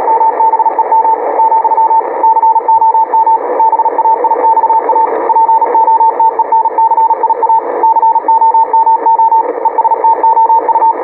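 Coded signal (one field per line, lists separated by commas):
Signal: Morse code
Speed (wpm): 40 wpm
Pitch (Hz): 900 Hz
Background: radio noise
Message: MBEM , COM BAIXA POTENCIA COMO ESTOU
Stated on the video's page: CW contact between two stations testing high-speed (QRQ) sending with a keyboard.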